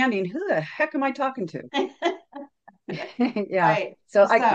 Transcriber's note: laughs